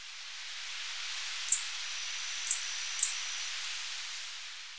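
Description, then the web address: White-tipped sicklebill uttering three isolated, very high, sharp notes over soft continuous hiss. Ecuador. "Birds of Ecuador White-tipped Sicklebill"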